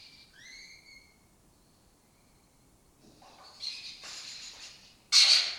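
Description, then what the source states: Lesser kestrel calls: thin, drawn-out whining notes, then scratchy chatter ending in a loud, harsh rasp. Breeding colony in an abandoned building in Doñana, southern Europe; migratory raptor that spends its foraging time in West Africa.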